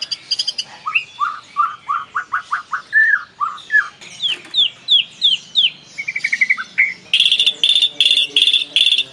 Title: murai batu